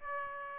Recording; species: mosquito wingbeat signal from an infrared sensor; Aedes aegypti